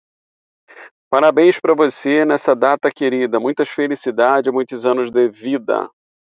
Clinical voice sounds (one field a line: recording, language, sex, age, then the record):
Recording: short text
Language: Brazilian Portuguese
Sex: male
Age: 50 to 59 years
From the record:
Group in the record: control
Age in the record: 51 years